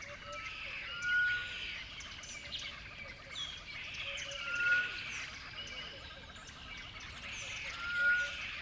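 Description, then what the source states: Birds singing: a clear whistled note repeated about every three seconds over lower steady whistles, against a constant rushing background. Dawn birdsong at a river bed.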